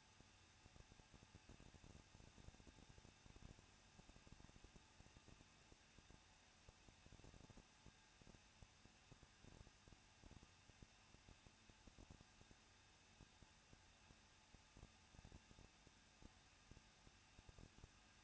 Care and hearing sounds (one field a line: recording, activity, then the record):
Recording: daily activity, microphone in the room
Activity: no activity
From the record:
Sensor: 2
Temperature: 21.0 degrees Celsius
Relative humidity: 37.3%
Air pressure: 1006.3 hPa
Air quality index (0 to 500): 221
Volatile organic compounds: 23 ppm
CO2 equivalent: 2792 ppm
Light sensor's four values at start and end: 2/3/2/2 and 2/3/2/2